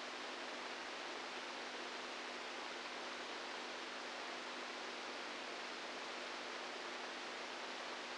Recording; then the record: brain microelectrode recording played as sound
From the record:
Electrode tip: inside the subthalamic nucleus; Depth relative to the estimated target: -3 mm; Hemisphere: right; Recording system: NeuroSet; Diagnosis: Parkinson's disease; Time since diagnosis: 10 years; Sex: female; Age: 67 years